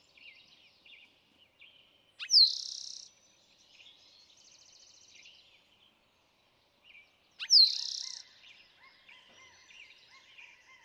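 Eastern towhee repeats its song twice, roughly five seconds apart, a slurred whistle and short trill, over soft background twitters.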